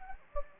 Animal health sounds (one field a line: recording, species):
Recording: mosquito wingbeat signal from an infrared sensor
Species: Anopheles gambiae